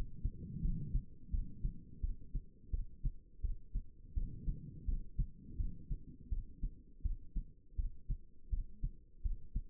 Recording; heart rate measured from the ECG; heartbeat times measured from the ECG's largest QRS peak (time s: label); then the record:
heart sounds by stethoscope; 84 bpm
0.62 s: heartbeat
1.31 s: heartbeat
2.01 s: heartbeat
2.71 s: heartbeat
3.42 s: heartbeat
4.14 s: heartbeat
4.86 s: heartbeat
5.57 s: heartbeat
6.30 s: heartbeat
7.03 s: heartbeat
7.76 s: heartbeat
8.50 s: heartbeat
9.23 s: heartbeat
From the record:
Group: healthy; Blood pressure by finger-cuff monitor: 110/74 mmHg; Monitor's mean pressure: 89 mmHg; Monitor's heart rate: 84 bpm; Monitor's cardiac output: 5 L/min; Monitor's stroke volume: 60 mL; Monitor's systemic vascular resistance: 1290 dyn s/cm5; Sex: female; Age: 51 years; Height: 162 cm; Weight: 70.04 kg